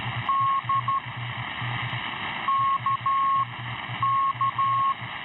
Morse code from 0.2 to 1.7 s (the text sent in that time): D